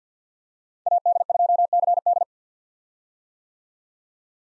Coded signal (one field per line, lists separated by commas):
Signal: Morse code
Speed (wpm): 50 wpm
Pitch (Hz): 700 Hz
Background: none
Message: AD2CD